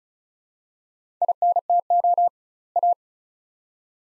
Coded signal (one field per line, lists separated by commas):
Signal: Morse code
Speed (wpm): 36 wpm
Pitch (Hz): 700 Hz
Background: none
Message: INTO A